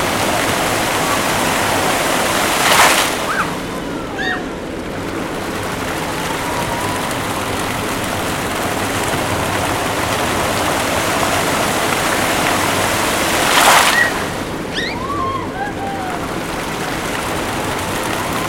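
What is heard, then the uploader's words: A large fountain's water jets rush in a steady, dense roar, surging louder near the start and again midway, with faint chirps afterward. The monument of Alexander the Great in Skopje is a colossal 24 meter tall statue with a large fountain and dozens of water jets. The very, very long song of the waters of the fountain. Recorded by Manu Hollard.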